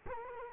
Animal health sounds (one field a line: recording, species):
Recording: mosquito wingbeat signal from an infrared sensor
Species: Culex quinquefasciatus